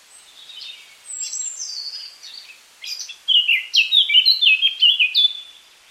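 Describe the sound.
Eurasian Blackcap song opening with a quiet scratchy warble and a high thin whistle, followed by a loud, rapid string of clear fluty notes in the last few seconds.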